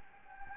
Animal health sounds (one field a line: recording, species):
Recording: mosquito wingbeat signal from an infrared sensor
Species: Anopheles gambiae